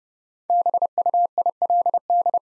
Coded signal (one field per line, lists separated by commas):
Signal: Morse code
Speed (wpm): 30 wpm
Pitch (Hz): 700 Hz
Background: none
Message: BUILD